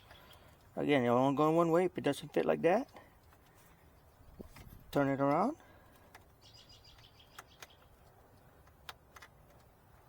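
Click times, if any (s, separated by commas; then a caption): 8.9 s. During reassembly on a Toyota RAV4 Prime, a plastic wiring connector for the reverse horn won't go in one way, so it is turned around and pushed home, clicking into place at 8.9 s. Someone talks at the start, followed by faint handling sounds and small taps. Soft chirps sound in the background.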